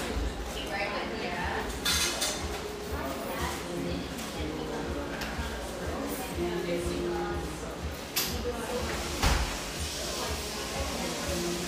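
An espresso shop hums with a steady murmur of indistinct voices and low background rumble. Dishes and cutlery clink now and then, with sharper bright clatters near two, eight and nine seconds, and a brief held tone around six seconds.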